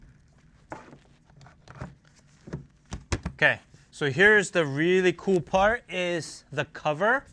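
The second latch on the other side of a rack case is closed into its slot after a few soft handling clicks, and it snaps shut with a loud, sharp hit at 3.1 s, seating firmly. Someone then talks.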